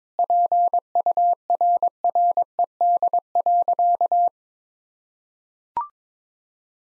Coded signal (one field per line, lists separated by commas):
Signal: Morse code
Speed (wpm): 22 wpm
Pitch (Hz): 700 Hz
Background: none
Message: PURRED.